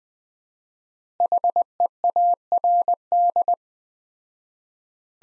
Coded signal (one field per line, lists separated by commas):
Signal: Morse code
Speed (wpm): 20 wpm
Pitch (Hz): 700 Hz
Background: none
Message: HEARD